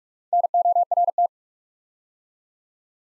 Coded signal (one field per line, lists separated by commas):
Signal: Morse code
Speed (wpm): 44 wpm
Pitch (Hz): 700 Hz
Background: none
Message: NORT